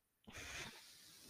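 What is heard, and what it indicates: A soft, airy hiss starts abruptly, holds for about half a second, then settles into a fainter steady hiss. This is the sound of a person's own mechanical ventilator pushing a breath of air, heard as background noise.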